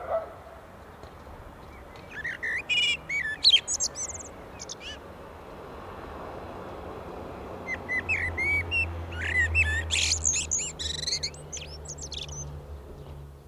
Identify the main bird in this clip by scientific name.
Turdus merula